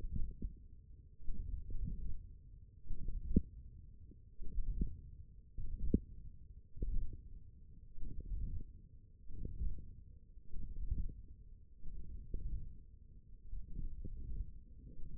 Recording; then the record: forearm muscle sounds (acoustic myography)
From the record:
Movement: hand closing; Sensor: system 1, eight BSWA MPA416 microphones around the upper forearm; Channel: 4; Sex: male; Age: 20 years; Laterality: left